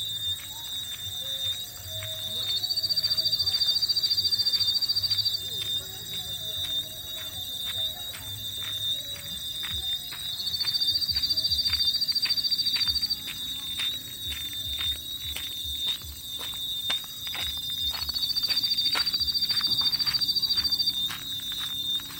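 Insects call at a roadside in the evening, a steady high shrill hum with a brighter, pulsing trill that swells in about every eight seconds, near 3, 10 and 18 seconds. Dense clicking ticks run throughout, over a low rumble of traffic.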